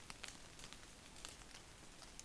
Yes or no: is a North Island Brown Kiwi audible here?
no